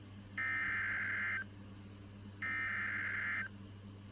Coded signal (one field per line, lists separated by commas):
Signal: Emergency Alert System (SAME) tones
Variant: header bursts